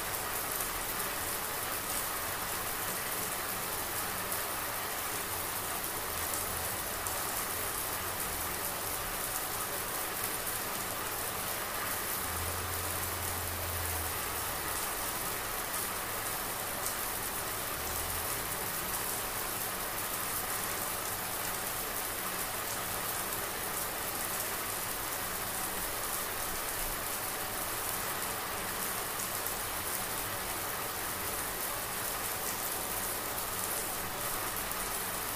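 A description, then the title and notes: A shower runs steadily, a dense, even hiss of falling water that stays unchanged for the whole stretch. The spray sounds bright, with a faint low hum underneath that briefly swells around twelve to fifteen seconds. Relaxing White Noise Water Sounds Shower.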